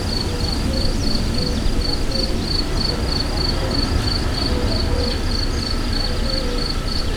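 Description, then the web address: Cricket chirping, high pulsed notes repeated in a quick even train throughout, under a loud low rumble of wind and engine noise. Hortobágy, 2014; recorded with airplane and wind sounds. "allathangok termeszetben tucsok professzionalis 2014 repulo esaszelhangjais hortobagy"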